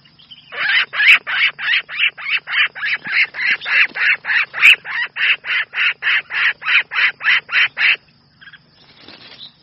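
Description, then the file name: Red-whiskered bulbul distress call: harsh, rasping notes repeated rapidly, about three per second, then stopping. Distress call; the bird is calling for help. "Tieng chao mao keu cuu"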